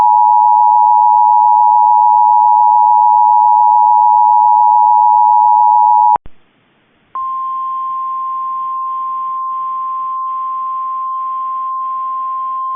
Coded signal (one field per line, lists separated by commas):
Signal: Emergency Alert System (SAME) tones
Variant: 853 and 960 Hz attention tone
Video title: DESTRUCTIVE (80 MPH WIND) Severe Thunderstorm Warning EAS (Cox) 6/18/25